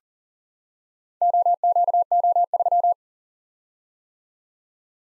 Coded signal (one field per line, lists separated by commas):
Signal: Morse code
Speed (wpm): 44 wpm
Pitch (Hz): 700 Hz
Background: none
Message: OQO3